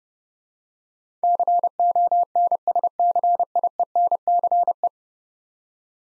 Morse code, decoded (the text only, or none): CONSCIENCE